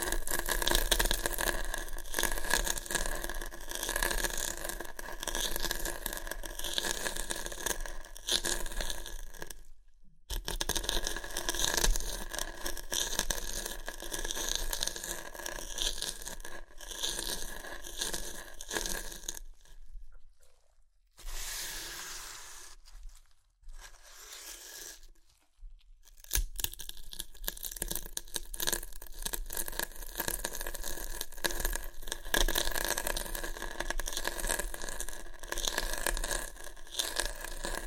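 Chips being crushed and eaten make dense, crackly crunching that runs almost without pause, bright and gritty. Brief silences break it near 10 seconds and again around 20 to 26 seconds, where the crunching thins to scattered softer crackles before resuming at full density.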